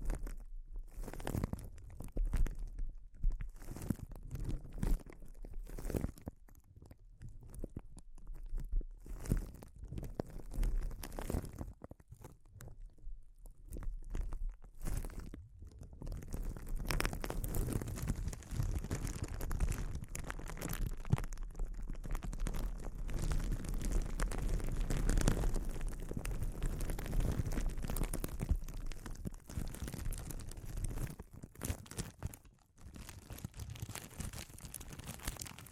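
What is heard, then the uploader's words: Sensitive crinkles: bursts of crisp crinkling and crunching, separated by short silences for the first fifteen seconds. After that the rustling turns denser and nearly continuous, loudest around the twenty-five second mark, with a brief pause near thirty-two seconds. A low steady hum runs underneath. ASMR Sensitive Crinkles (No Talking).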